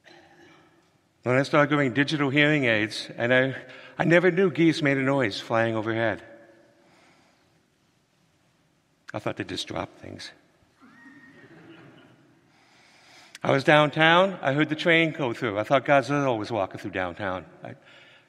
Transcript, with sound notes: When I started going digital hearing aids, and I, I never knew geese made a noise flying overhead. I thought they just dropped things.
(laughs)
I was downtown, I heard the train go through. I thought Godzilla was walking through downtown.